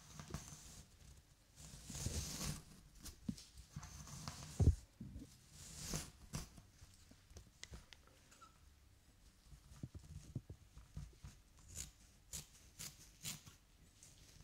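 Hair brushing, heard as a run of soft, uneven scratchy strokes that come every second or so. The bristly swishes are brightest around 2 and 6 seconds, with a sharp louder knock near 4.7 seconds and quieter, quicker strokes later on.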